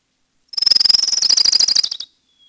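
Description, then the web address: Orange-crowned Warbler with a quick, high-pitched trill that loosens and sinks in pitch near its end, followed by a faint short note afterward. "Peterson North American Birds. ocwa"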